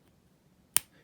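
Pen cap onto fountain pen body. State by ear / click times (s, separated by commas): seated / 0.8 s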